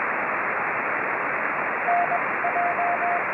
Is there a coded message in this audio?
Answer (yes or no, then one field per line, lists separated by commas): yes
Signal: Morse code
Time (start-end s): 1.9-3.2 s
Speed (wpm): 23 wpm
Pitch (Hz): 700 Hz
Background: radio noise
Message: N J